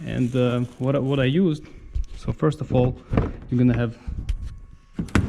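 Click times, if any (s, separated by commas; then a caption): 5.2 s. Someone talks while a plastic trim clip is pressed back into the front bumper area of a 2018-and-up Jeep Cherokee during bumper cover reassembly. A few soft knocks come just before a sharp, loud click at 5.2 s as the clip seats back in.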